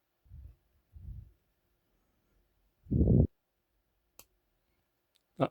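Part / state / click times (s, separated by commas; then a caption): plastic model part into the car model assembly / seated / 5.4 s. A plastic part is pushed into its mounting point on a Ferrari 330 scale model kit car assembly. Several low, soft rustling bursts and a brief broadband tick at 4.2 s come before a small, sharp click at 5.4 s. The click shows the part has clipped in and is correctly fitted.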